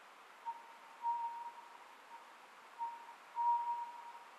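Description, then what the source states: Oriental scops owl hoots, a few brief low notes in two small groups, over a quiet hissing background. Recorded 27 May 2010 at 23:35.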